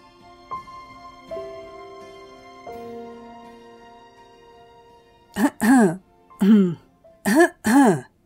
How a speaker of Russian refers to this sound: Дариан, как только раздалось первое покашливание, закрыл меня своим телом и грозно посмотрел вверх, взглядом испепеляя того, кто посмел прервать наши брачные игры.